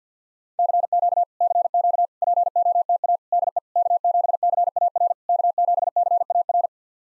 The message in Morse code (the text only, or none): CQ CQ POTA DE K7CAR K7CAR